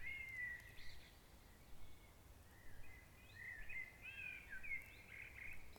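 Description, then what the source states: Bird song: clear whistled phrases, some sliding and warbled, over a soft low rumble. Forest birds.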